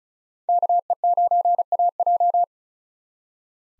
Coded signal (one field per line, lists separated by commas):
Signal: Morse code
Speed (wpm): 34 wpm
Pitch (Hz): 700 Hz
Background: none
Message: KE9AJ